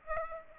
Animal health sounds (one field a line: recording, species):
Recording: mosquito wingbeat signal from an infrared sensor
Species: Aedes aegypti